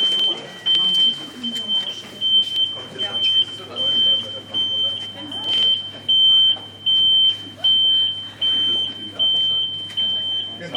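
A piercing alarm beep repeats about twice a second over a busy airport hall, with murmuring voices, footsteps and a low steady hum.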